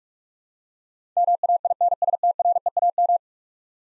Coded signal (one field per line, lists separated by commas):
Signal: Morse code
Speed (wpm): 46 wpm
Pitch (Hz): 700 Hz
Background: none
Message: MAINSTREAM